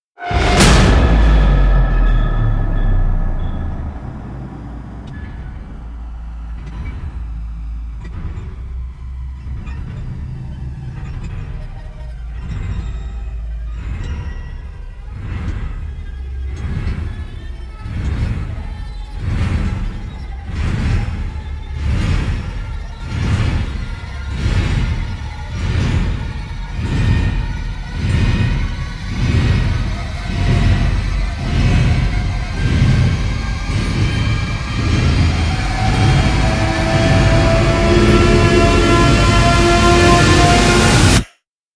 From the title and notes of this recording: Complex Riser Train Machine is a mechanical and train-like sound evolves into a disquieting and menacing riser.